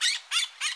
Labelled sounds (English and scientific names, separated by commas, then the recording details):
Brown-throated Parakeet (Eupsittula pertinax) contact call
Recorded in Bonaire
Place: just S of turnoff to Cai, near Lac Bay
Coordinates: 12.126, -68.239